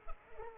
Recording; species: mosquito wingbeat signal from an infrared sensor; Culex pipiens